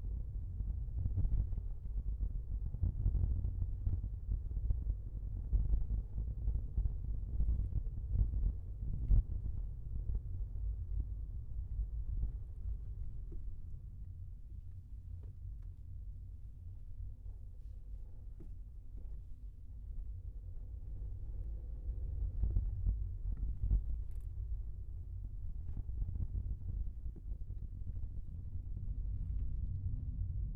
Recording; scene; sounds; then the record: everyday scene through a hearing-aid microphone; in a vehicle; engine, rumble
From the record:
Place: Skoda Fabia, gasoline engine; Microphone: behind the ear, left, rear